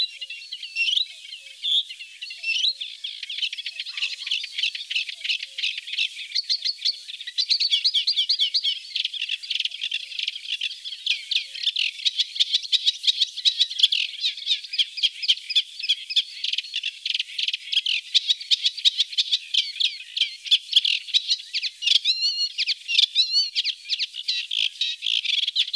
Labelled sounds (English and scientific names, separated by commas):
Eurasian Reed Warbler (Acrocephalus scirpaceus) song